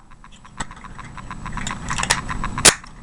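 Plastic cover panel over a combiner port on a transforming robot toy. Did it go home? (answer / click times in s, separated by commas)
released / 2.7 s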